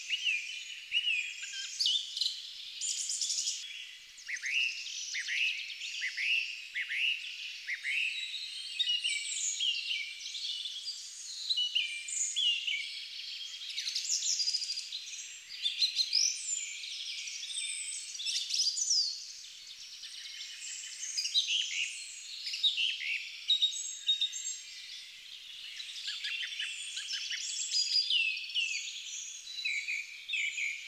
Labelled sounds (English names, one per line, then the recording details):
Song Thrush song
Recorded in the wild
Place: Lilienhof / Kaiserstuhl, Baden-Württemberg, DE
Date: 1999-04-02
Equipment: Dat-Recorder Casio DA 7, Telinga DAT, Telinga-Parabolspiegel
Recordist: Schwarz, Dieter